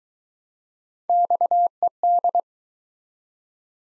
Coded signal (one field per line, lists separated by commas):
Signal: Morse code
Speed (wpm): 22 wpm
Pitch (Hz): 700 Hz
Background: none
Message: XED